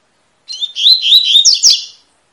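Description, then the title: Double-collared seedeater song, a quick sequence of sweet warbling whistles with a couple of sharp upslurred notes near the end, lasting about one and a half seconds. Tui-tui song type, fibra (spirited) bird; teacher song used to train young birds. "COLEIRO TUI TUI FIBRA CANTO PROFESSOR"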